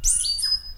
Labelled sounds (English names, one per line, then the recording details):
Stitchbird song
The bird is a male
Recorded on Tiritiri Matangi Island, New Zealand, in 2005
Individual 11, of nest box 13